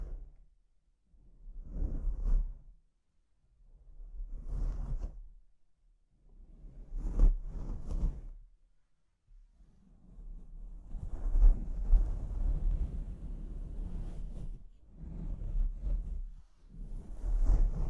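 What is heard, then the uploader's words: Mic scratching comes in rough, rumbling bursts, mostly low and muddy with some hiss higher up. The first few swells arrive about every two seconds with silent gaps between, a sharp click near seven seconds, then a longer, denser stretch from ten seconds on. ASMR Brain Melting Mic Scratching (No Talking).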